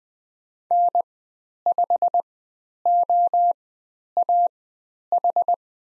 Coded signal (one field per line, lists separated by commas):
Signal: Morse code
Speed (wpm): 20 wpm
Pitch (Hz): 700 Hz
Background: none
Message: N5OAH